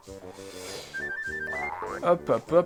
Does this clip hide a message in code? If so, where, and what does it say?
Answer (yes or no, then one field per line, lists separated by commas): no